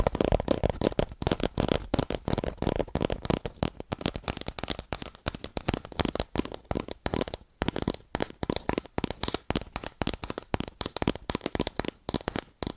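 Fast, aggressive tapping on cardboard, a dense unbroken run of sharp dry knocks and crackles lasting the whole thirteen seconds.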